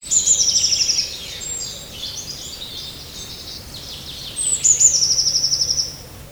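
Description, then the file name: Eurasian blue tit giving a very high, thin trill of quick repeated notes, heard at the start and again near the end, with softer high notes between over steady background hiss. "sinitihane"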